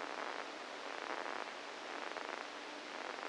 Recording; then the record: brain microelectrode recording played as sound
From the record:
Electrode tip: inside the subthalamic nucleus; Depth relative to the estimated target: 0 mm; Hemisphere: right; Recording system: NeuroSet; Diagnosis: Parkinson's disease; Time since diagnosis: 7 years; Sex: female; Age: 68 years